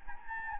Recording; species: mosquito wingbeat signal from an infrared sensor; Anopheles gambiae